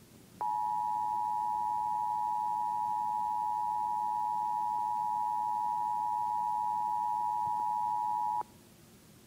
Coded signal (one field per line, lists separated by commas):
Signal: Emergency Alert System (SAME) tones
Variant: 853 and 960 Hz attention tone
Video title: Iowa Required Monthly Tests (EAS #88 and Live stream EAS)